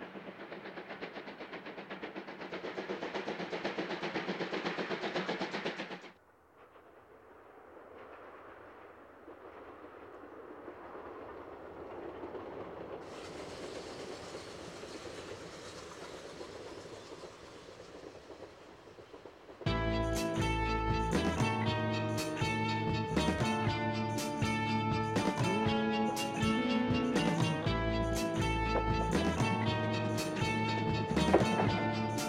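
A steam locomotive train on a local railway, starting with a dense, loud rumble that cuts off abruptly at about six seconds. A quieter, hissing rolling sound follows and brightens midway. From about twenty seconds, strong regular beats with sustained tones dominate to the end.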